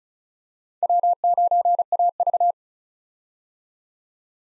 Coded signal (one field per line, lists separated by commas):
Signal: Morse code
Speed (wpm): 34 wpm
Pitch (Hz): 700 Hz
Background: none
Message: W9AV